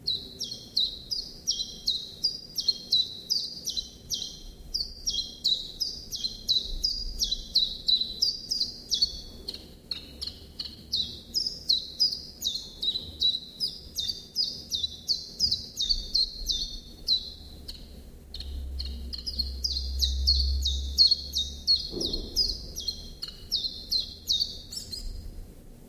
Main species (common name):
Common Chiffchaff